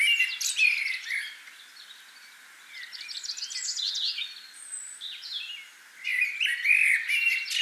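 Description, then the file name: Common blackbird song: rich warbled phrases and thin, buzzy high twitters, repeated in bursts with softer passages in between. "Turdus merula"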